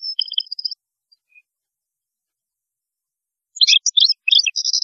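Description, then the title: European goldfinch song, a short twittering phrase, a pause, then a dense burst of liquid chattering and buzzy notes. "Chant Chardonneret"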